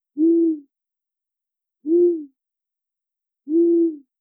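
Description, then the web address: Owl hooting: three low, even hoots, each about half a second long, spaced roughly one and a half seconds apart, with silence between them. "DESN 275 sound Library animals owl"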